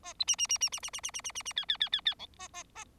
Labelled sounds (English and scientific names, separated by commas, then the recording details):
Bengalese Finch (Lonchura striata domestica) song
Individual Bird4